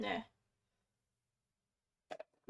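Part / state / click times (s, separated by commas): lid onto food chopper bowl / seated / 2.1 s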